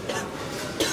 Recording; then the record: coughing mixed with background sound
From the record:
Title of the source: 55 gaggy wet cough